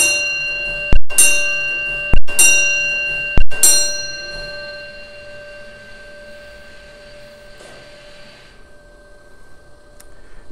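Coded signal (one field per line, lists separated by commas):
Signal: coded fire alarm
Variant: Gamewell fire alarm telegraph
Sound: about four loud metallic gong strikes a second or so apart, long ringing decay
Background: quiet room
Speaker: in this example it did a triangle one with a space four triangles and it repeated itself four times what that represented was the box that was activated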